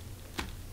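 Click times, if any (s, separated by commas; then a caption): none. A plastic top flange is being handled on a CablePak Jr reusable cable reel, over the cable coil, as it is readied to snap into position; once snapped, it cannot be removed until the reel is empty. A single brief broadband tick stands out at 0.4 s over a low steady background. Nothing has seated or clicked yet; the clip ends just before the flange goes home.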